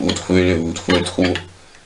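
Someone talks while handling a Kaya PNX 480 Brass Click hookah, finding the hole to fit the hookah body onto its clip-on base, which uses no screws. Nothing has seated or clicked yet.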